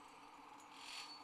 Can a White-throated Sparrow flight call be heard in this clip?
no